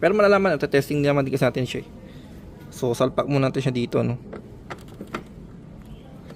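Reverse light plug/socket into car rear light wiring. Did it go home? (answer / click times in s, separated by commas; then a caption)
yes / 5.1 s. A reverse light plug is pushed into its socket on the rear light wiring of a Hyundai Kona while someone talks. After the talking stops, a few faint contact sounds at about 4.9 and 5.0 s lead to a sharp click at 5.2 s, and the connector is seated.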